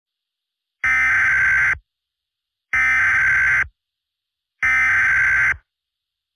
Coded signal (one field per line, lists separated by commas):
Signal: Emergency Alert System (SAME) tones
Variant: header bursts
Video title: (BIRTHDAY SPECIAL) Akame's Bloody Rampage (Akame ga Kill EAS Scenario)